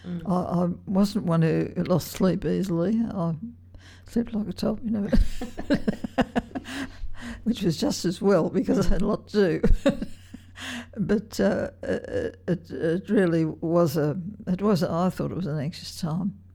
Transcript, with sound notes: I wasn’t one who lost sleep easily; I sleep like a top you know… [laughter] Which is just as well because I had a lot to do. But it really was a — it was — I thought it was an anxious time.